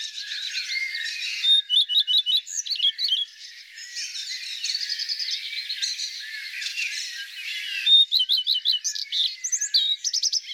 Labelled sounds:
Common Redstart (Phoenicurus phoenicurus) song

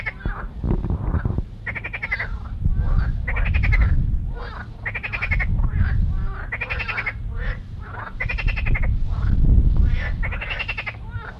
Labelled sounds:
Marsh Frog (Pelophylax ridibundus) call

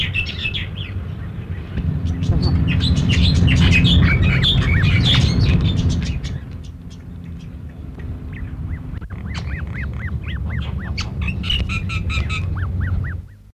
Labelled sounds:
White-headed Starling (Sturnia erythropygia)

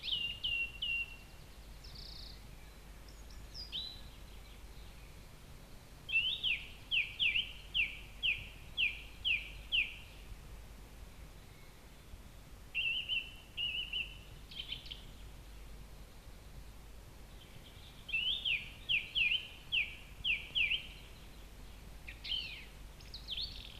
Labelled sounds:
Song Thrush (Turdus philomelos) song

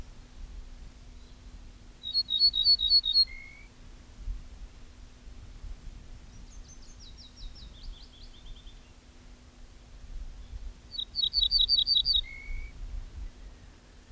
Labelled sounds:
Ortolan Bunting (Emberiza hortulana) song

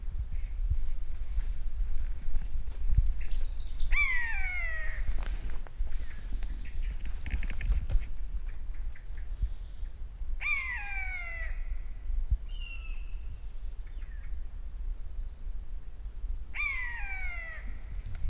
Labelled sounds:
Common Buzzard (Buteo buteo) call

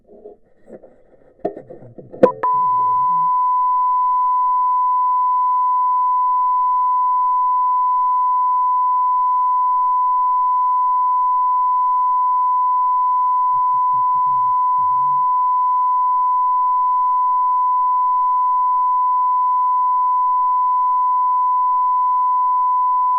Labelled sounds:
Spotted Crake (Porzana porzana) song

